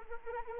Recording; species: mosquito wingbeat signal from an infrared sensor; Anopheles arabiensis